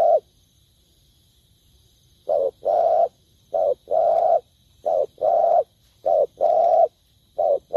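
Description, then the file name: Spotted dove cooing after a single brief note and a pause of about two seconds, in pairs of a brief note followed by a longer mellow one, repeated several times. Cooing (Vietnamese: gáy). "tieng cu dat gay"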